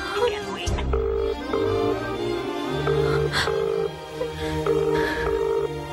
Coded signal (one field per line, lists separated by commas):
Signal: telephone call progress tone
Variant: UK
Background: speech, music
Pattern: ringback tone